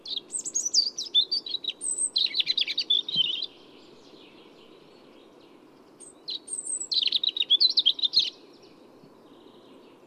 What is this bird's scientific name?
Erithacus rubecula